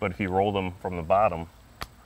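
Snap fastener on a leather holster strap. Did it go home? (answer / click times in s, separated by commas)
yes / 1.8 s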